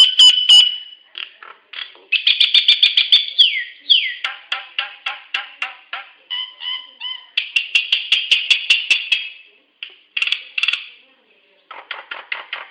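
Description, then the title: Nias hill myna calls: varied piercing whistles, including a downslurred note, mixed with rapid staccato chatter and buzzy bursts, with a few short breaks. "Burung jalak nias"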